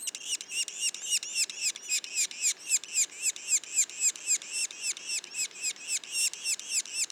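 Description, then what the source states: Yellow-bellied sapsucker calls, regular rapid squeaky notes, close to four per second, sustained evenly across the whole stretch. Juveniles, Mont-Orford National Park, Quebec.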